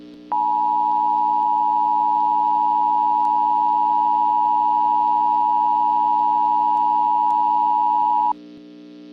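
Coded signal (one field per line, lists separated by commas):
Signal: Emergency Alert System (SAME) tones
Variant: 853 and 960 Hz attention tone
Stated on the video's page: A fictional scenario whose tones were taken from other creators.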